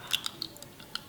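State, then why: Not seated. A clear plastic Invisalign dental aligner is pressed onto the teeth, producing a few short, sharp plastic ticks at about 0.2, 0.3, 0.4 and 1.0 seconds over a quiet background. The aligner is still being handled and nothing has seated or clicked into place yet.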